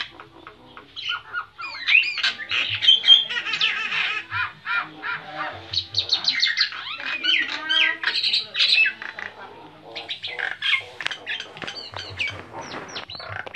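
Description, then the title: Nias hill myna singing a long mix of squawks, nasal notes and high chirps in irregular bursts, loud and varied throughout. Loud, persistently singing bird whose song is used as masteran, a model for training other songbirds. "Burung Jalak Nias Gacor Suara Super Gledek Untuk Masteran"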